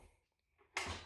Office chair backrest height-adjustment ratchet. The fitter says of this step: So as you see, four clicks, and that's the highest position.